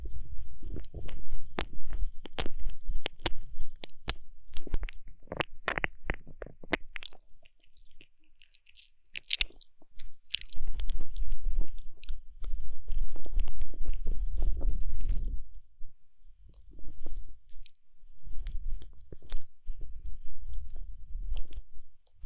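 Wet licking and mouth sounds into the ear, with many sharp clicks and smacks packed densely in the first seven seconds. A softer, steadier stretch of wet, sloshing noise follows from about ten to fifteen seconds, then sparser licks and pauses.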